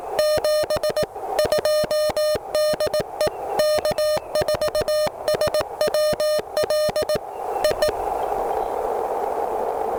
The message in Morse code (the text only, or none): 72 DE K4SWL I